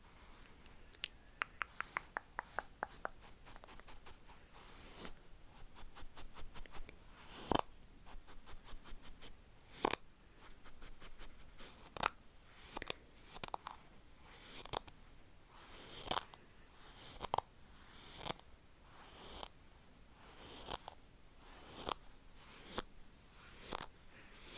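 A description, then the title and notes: ASMR triggers on a bare mic: a quick run of rapid tapping early on, then scratchy rubbing and sharp clicks. Louder knocks land around eight and ten seconds, and toward the end brushing strokes repeat about once a second over a low, soft hiss. ASMR Intense Bare Mic Triggers.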